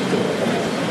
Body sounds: background sound without coughing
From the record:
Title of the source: Office Sounds Ambience - Background Noise for Study and Work

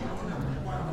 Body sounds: background sound without coughing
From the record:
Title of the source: 60 minutes of coffee shop sounds for study and concentration

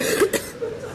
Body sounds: coughing mixed with background sound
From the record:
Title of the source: 30 Chesty and wet cough

